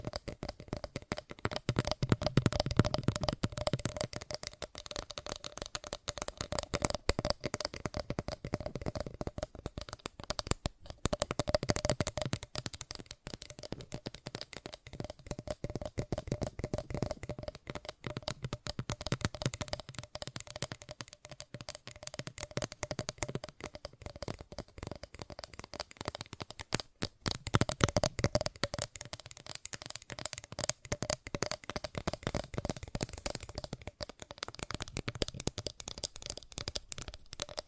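Fast tapping runs almost without pause for the whole length, a dense, rapid patter of small clicks with a slightly papery, shuffling feel. Heavier low thuds swell in around the three- and twenty-eight-second marks, and the rhythm drops out briefly near ten and twenty-seven seconds.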